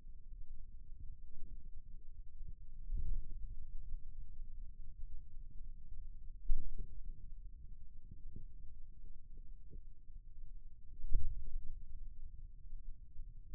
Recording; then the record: forearm muscle sounds (acoustic myography)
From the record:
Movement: ulnar deviation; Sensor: system 2, bracelet of six BSWA MPA416 microphones around the upper forearm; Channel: 1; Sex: male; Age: 22 years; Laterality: right